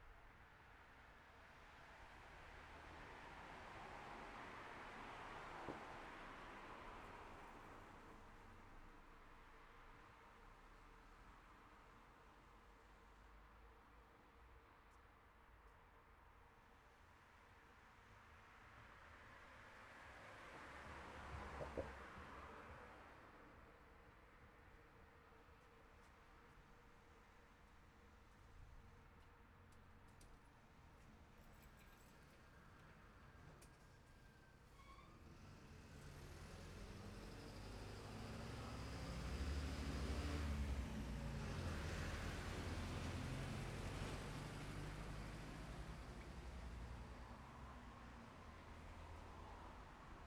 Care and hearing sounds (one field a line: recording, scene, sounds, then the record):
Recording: everyday scene through a hearing-aid microphone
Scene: in traffic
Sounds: traffic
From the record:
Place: city secondary road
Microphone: behind the ear, left, front